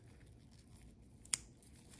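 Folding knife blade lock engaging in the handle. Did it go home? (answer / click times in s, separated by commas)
partly / 1.3 s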